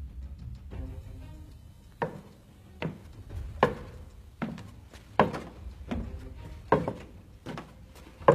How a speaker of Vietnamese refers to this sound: Bây giờ ở bên ngoài hành lang có tiếng bước chân vang lên một cách lạnh lùng.